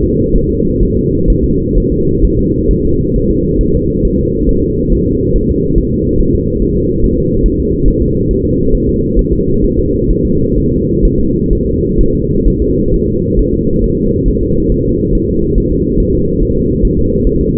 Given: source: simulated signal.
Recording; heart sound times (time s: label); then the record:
fetal heart sounds
0.04 s: S2
0.36 s: S1
0.50 s: S2
0.83 s: S1
0.97 s: S2
1.30 s: S1
1.44 s: S2
1.78 s: S1
1.92 s: S2
2.25 s: S1
2.39 s: S2
2.71 s: S1
2.85 s: S2
3.16 s: S1
3.31 s: S2
3.61 s: S1
3.75 s: S2
4.05 s: S1
4.19 s: S2
4.49 s: S1
4.63 s: S2
4.93 s: S1
5.07 s: S2
5.36 s: S1
5.50 s: S2
5.78 s: S1
5.93 s: S2
6.20 s: S1
6.35 s: S2
6.62 s: S1
6.77 s: S2
7.04 s: S1
7.18 s: S2
7.46 s: S1
7.60 s: S2
7.88 s: S1
8.02 s: S2
8.31 s: S1
8.45 s: S2
8.75 s: S1
8.89 s: S2
9.19 s: S1
9.33 s: S2
9.64 s: S1
9.79 s: S2
10.10 s: S1
10.25 s: S2
10.58 s: S1
10.72 s: S2
11.05 s: S1
11.20 s: S2
11.53 s: S1
11.67 s: S2
12.00 s: S1
12.15 s: S2
12.47 s: S1
12.62 s: S2
12.94 s: S1
13.08 s: S2
13.39 s: S1
13.54 s: S2
13.84 s: S1
13.99 s: S2
14.28 s: S1
14.43 s: S2
14.72 s: S1
14.86 s: S2
15.15 s: S1
15.29 s: S2
15.58 s: S1
15.72 s: S2
16.00 s: S1
16.15 s: S2
16.42 s: S1
16.57 s: S2
16.85 s: S1
16.99 s: S2
17.27 s: S1
17.41 s: S2
From the record:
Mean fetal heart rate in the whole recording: 135 bpm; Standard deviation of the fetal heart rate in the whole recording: 3 bpm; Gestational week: 36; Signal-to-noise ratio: -15.3 dB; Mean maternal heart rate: 72 bpm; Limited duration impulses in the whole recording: present